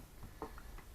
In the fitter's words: plug this in snap right into place light